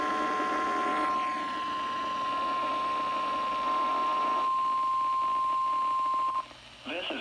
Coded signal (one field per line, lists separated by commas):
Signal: Emergency Alert System (SAME) tones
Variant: 1050 Hz attention tone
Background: speech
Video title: REQUIRED WEEKLY TEST (EAS ALERT 106)